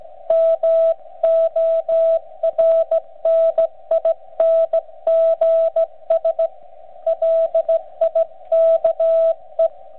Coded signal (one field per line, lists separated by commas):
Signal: Morse code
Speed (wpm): 15 wpm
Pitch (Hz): 660 Hz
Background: none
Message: MORNINGS LIKE